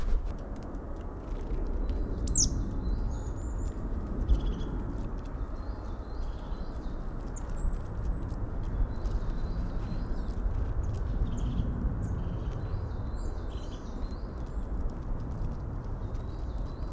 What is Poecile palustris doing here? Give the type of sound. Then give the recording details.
call. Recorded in the wild. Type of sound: call. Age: adult. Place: Schönow, Naturpark Barnim, Brandenburg, DE. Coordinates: 52.6897, 13.5381. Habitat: forest. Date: 2005-02-20 13:15. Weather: overcast, 0°C, weak winds. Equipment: Tascam DA-P1, Sennheiser MKH 70 mit Windschutz, ohne Windkorb. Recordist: Frommolt, Karl-Heinz. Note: Waldgebiet zwischen Schönow und Waldfrieden: Ruf einer Sumpfmeise. Entfernung 3 m. Tier gesehen